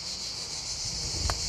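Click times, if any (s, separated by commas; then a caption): none. The fourth glow plug wiring connector on a Seat Leon TDI 150 diesel is routed and lined up before being pushed onto its glow plug. Only soft rubbing and handling sounds are heard over a steady high hiss. The connector has not clicked into place yet.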